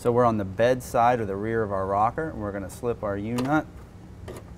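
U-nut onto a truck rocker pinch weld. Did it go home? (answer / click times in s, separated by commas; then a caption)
yes / 4.3 s. Someone talks while a steel U-nut (clip nut) is slipped over the rear edge of the rocker pinch weld on the bed side of a 2014+ GMC/Chevy Crewcab 1500 or 2015+ HD gas truck, before the step bar bracket for Havoc HS2 nerf bars is bolted on. A short, faint click is heard at 4.3 s as the U-nut seats onto the pinch weld.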